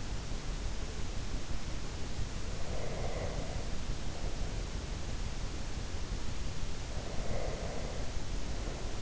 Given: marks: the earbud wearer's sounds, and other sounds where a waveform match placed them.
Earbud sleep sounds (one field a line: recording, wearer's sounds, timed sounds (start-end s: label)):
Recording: sounds in sleep by an in-ear microphone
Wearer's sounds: breath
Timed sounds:
2.56-4.68 s: breath
6.88-9.02 s: breath